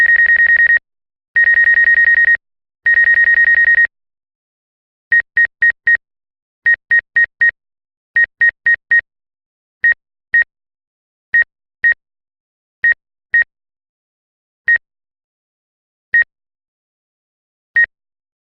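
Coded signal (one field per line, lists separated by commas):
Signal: none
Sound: drone camera shutter beeps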